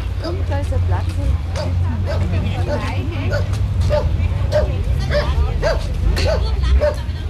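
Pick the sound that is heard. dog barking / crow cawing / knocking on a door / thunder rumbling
dog barking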